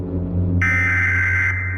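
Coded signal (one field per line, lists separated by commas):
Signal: Emergency Alert System (SAME) tones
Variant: header bursts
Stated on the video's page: Recreation of another creator's fictional tornado EAS scenario.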